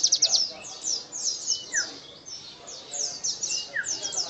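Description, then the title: White-eye song: clusters of thin, high chirps and short downward slurs, delivered in quick irregular bursts. Training recording (masteran) for teaching song to captive songbirds; bird described as singing energetically (gacor), with a fill-in (isian) song style and rapid shooting (nembak) delivery. "Master Burung Pleci Isian Nobita Raja Nembak Gacor Joss"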